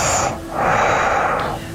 That's all nose. Some heavy nose breathing. Yeah, it's all nasal passage. that's like almost a vacuum cleaner. It's got like an echoey quality to it. It like, sounds like a CPAP machine.